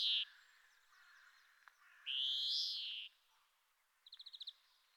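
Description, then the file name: European greenfinch drawing out a long nasal wheeze, followed by a brief quick trill, all fairly faint. "Groenling"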